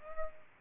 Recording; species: mosquito wingbeat signal from an infrared sensor; Aedes aegypti